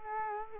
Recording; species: mosquito wingbeat signal from an infrared sensor; Culex quinquefasciatus